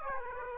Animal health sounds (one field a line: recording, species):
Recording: mosquito wingbeat signal from an infrared sensor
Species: Aedes aegypti